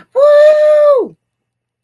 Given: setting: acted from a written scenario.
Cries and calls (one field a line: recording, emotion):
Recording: vocal sound without words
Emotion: triumph